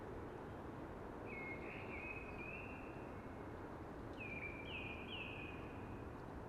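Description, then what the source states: Eurasian blackbird singing two clear whistled phrases over a steady rushing background. Singing early, amongst hushing conifers.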